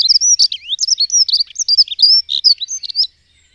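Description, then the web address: Dunnock song, a rapid, jumbled, high-pitched warble of squeaky notes and short slurred whistles running for about three seconds, then stopping. "agykontroll Madardalok Erdei szürkebegy"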